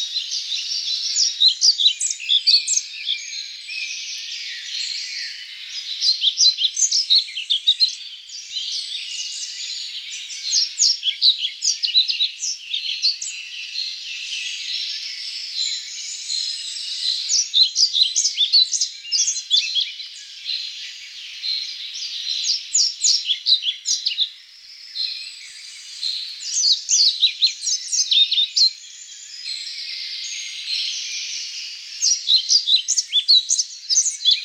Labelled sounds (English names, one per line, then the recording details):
European Pied Flycatcher song
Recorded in the wild
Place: Waltershofen / Freiburg im Breisgau, Baden-Württemberg, DE
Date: 1996-05-16
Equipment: Dat-Recorder Casio DA 7, Telinga DAT, Telinga-Parabolspiegel
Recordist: Schwarz, Dieter
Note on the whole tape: Song